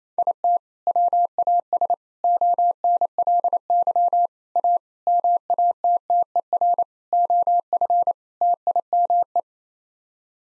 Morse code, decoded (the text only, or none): IT WAS ONLY A MATTER OF TIME